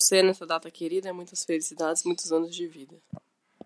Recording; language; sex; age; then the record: short text; Brazilian Portuguese; female; 20 to 29 years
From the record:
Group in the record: control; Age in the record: 23 years